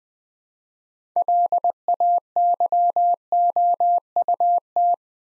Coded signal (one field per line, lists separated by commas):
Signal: Morse code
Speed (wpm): 20 wpm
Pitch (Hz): 700 Hz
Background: none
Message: LAYOUT